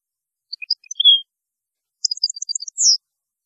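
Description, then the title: European goldfinch song, two short high twittering bursts, the second a rapid trill ending in a slurred note. "Chant Chardonneret"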